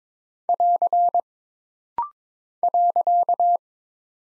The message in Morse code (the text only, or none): <AR> .